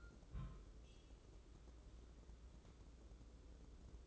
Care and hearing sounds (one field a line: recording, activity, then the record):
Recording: daily activity, microphone in the room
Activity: place on stove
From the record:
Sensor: 3